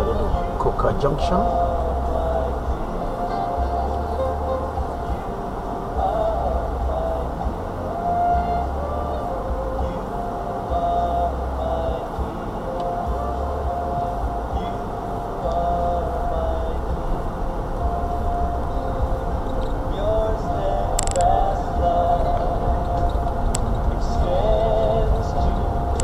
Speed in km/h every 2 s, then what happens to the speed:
6, 2, 2, 2, 2, 0, 0, 5, 10, 11, 15, 16, 16.
2-13 standing. 13-26 pulls away to 16.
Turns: none.